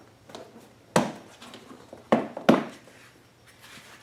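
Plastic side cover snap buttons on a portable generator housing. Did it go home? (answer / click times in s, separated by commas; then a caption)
released / 1.0 s, 2.1 s, 2.5 s. The plastic side cover of an Onan P2500i portable generator, already unlocked by turning its knob, is pulled free of its snap-in buttons before being lifted off. Three loud, sharp pops sound at 0.96, 2.12 and 2.5 seconds as the buttons release, with fainter handling noises between them. The cover comes loose.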